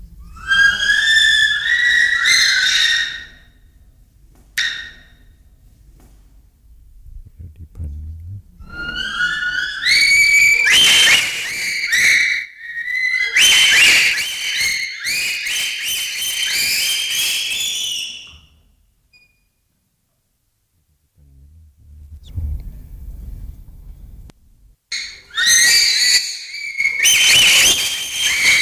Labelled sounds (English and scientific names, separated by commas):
Bonobo (Pan paniscus)